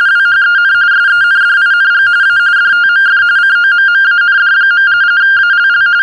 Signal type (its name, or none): RTTY